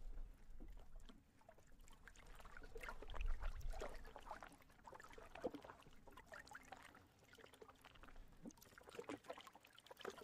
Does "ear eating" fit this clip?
no